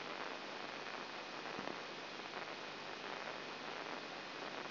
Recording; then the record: brain microelectrode recording played as sound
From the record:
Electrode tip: inside the subthalamic nucleus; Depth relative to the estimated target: -1 mm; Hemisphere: left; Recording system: AlphaMap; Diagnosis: Parkinson's disease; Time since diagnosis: 12 years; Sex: female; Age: 47 years